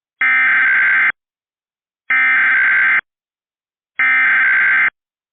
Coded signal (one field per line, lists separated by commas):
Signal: Emergency Alert System (SAME) tones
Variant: header bursts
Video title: [RARE] EAS Blue Alerts For All Of Texas!